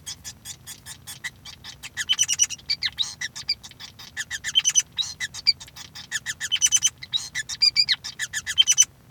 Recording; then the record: song of a male Bengalese finch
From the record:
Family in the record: son of father 5